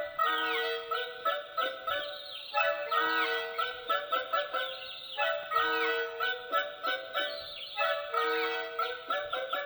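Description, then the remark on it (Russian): Bird calls sound continuously in repeated, rhythmic bursts of harsh, nasal honking notes with a bright, buzzy tone, fairly loud and with no speech. “Значит, это и есть синяя птица, которую мы должны отыскать для феи.”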